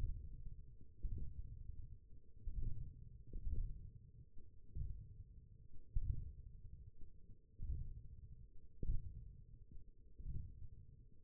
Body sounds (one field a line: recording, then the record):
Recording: forearm muscle sounds (acoustic myography)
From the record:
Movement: wrist flexion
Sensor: system 1, eight BSWA MPA416 microphones around the upper forearm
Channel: 7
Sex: male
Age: 20 years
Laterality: left